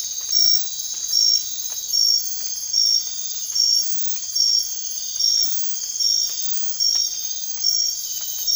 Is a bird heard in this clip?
no